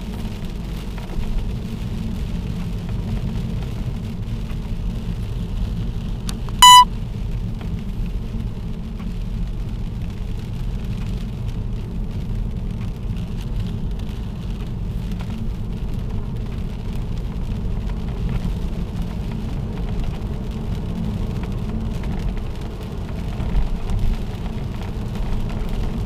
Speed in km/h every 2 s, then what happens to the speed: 49, 47, 43, 42, 43, 43, 42, 44, 49, 60, 63, 69, 69.
0-4 slows to 43. 4-12 steady at about 43. 12-21 speeds up to 69.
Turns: none.